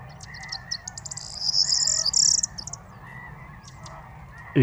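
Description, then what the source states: Corn bunting song, scattered clicks building into a rattling, key-jangle trill, with another bird's lower calls repeating and a short thump at the end. Several birds waking at dawn, under half an hour after daybreak, 23 March 2019, La Gacholle, Camargue salt marsh; roosted in reeds by canal; busy activity; parabolic dish, MKH8020, MixPre-3.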